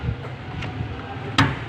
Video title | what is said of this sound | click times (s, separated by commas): paano mag start ng Manual transmission at mag check ng sasakyan | nag-click na siya open na yan | 1.4 s